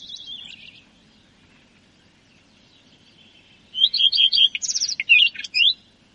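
Common redstart singing: the tail of one phrase fades out, then after a pause a new phrase of rapid chirpy notes and scratchy twittering follows.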